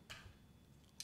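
A GoPro Suction Cup mount's locking lever on its base is flipped open to release the mount. A brief broadband rustle comes near 0.1 s, then quiet handling until a sharp plastic click at 1.0 s as the lever unlocks and the suction cup is released.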